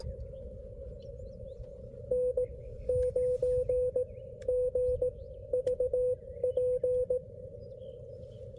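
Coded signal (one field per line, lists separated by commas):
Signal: Morse code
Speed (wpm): 17 wpm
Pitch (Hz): 500 Hz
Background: none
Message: N9GVP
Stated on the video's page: Parks on the Air activation from park US-12715 using a Xiegu X6200 with XPA125B amplifier and a Radioddity HF-009 antenna on a tripod.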